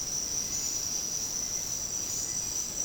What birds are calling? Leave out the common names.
none